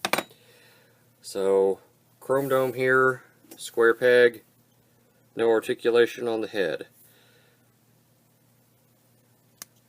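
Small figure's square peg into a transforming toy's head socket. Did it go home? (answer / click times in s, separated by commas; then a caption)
yes / 9.6 s. Someone talks about a small plastic Titan Master head figure, Chrome Dome, which has a square peg and no articulation on the head. The figure is then pushed by its square peg into the neck socket of a transforming toy, and a single sharp click at 9.6 s marks it popping right in and seating.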